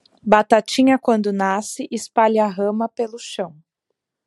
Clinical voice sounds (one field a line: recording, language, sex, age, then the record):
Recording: short text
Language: Brazilian Portuguese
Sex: female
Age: 20 to 29 years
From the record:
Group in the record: control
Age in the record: 28 years